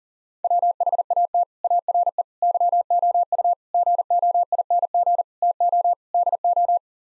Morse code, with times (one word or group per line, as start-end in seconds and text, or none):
0.4-1.4 WHAT
1.6-2.2 ARE
2.4-3.5 YOU
3.7-5.2 GOING
5.4-5.9 TO
6.1-6.8 DO